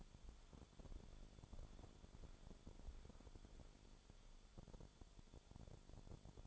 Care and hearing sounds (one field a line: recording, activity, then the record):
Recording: daily activity, microphone in the room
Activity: walk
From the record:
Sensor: 5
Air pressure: 1015.4 hPa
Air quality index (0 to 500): 172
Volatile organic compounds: 6 ppm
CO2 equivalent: 1867 ppm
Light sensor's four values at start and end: 37/84/34/33 and 37/84/34/33